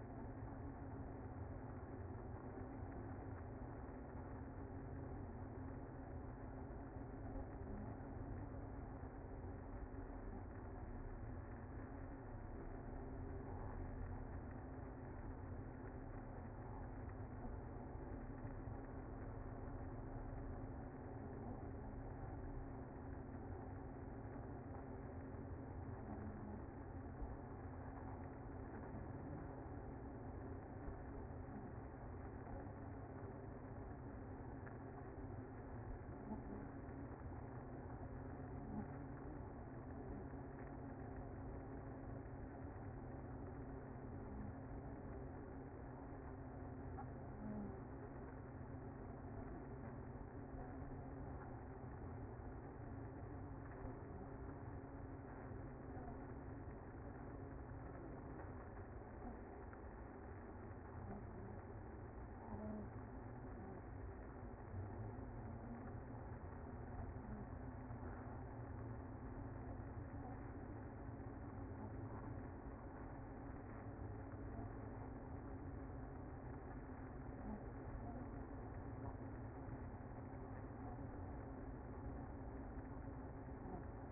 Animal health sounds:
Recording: honeybee colony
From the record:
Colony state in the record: active

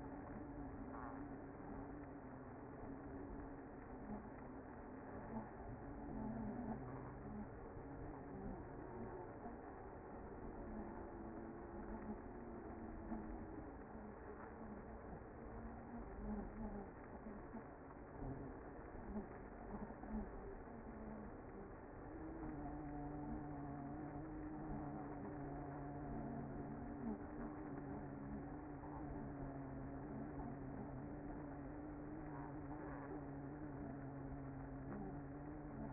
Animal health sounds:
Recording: honeybee colony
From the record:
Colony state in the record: active

